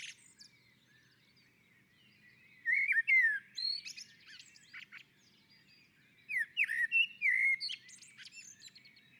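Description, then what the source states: Common blackbird song: two fluted, warbling phrases, each ending in high squeaky twitters, separated by a short pause. On a roof.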